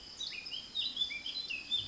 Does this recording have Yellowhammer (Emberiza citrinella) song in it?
no